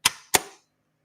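The top access lid on the head of a vintage PFAFF 360 sewing machine is pressed down, right side first, after the machine has been oiled. Two sharp, loud snaps ring out at 0.1 s and 0.3 s, each with a short decaying tail. The lid is seated and snapped into place.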